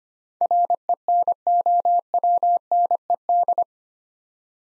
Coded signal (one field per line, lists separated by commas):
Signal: Morse code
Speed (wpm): 25 wpm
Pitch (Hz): 700 Hz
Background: none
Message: RENOWNED